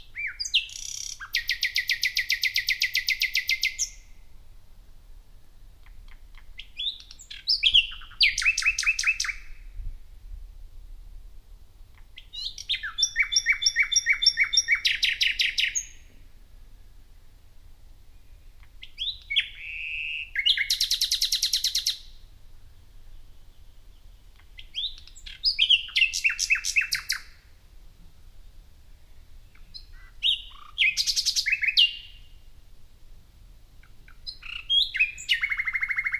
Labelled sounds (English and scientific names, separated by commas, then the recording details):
Common Nightingale (Luscinia megarhynchos) song
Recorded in the wild
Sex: male
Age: adult
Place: Parsteinwerder, Parsteiner See, Brandenburg, DE
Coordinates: 52.9575, 13.9719
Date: 2007-05-09 23:50
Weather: fair, 10°C, weak westerly winds
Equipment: Sound Devices 702, Sennheiser MKH 416-T, Windkorb
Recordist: Frommolt, Karl-Heinz
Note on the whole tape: Heckenbestand am Schießstand Parsteinwerder: Gesang. Entfernung ca. 5 m. Sehr gut. Ununterbrochenen Aufnahme